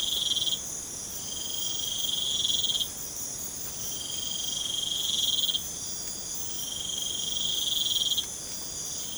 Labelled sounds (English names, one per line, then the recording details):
none
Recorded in pastures near Puerto Asís, Putumayo, Colombia, on 12 March 2025 at 03:30
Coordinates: 0.505, -76.324
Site GP08